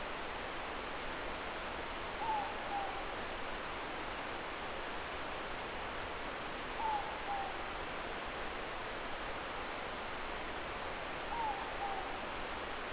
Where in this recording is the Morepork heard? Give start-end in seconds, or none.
2.11-3.08, 6.71-7.57, 11.19-12.16